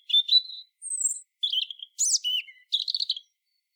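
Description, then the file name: European robin song: a string of thin, high whistled phrases, some sliding and trilled, changing pitch with short pauses between. "Erithacus rubecula"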